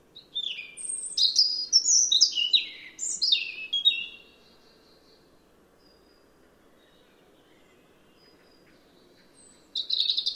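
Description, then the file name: European robin song, a run of varied high whistles and twittering notes stepping up and down for about four seconds, then silence and a new phrase starting. "Erithacus rubecula"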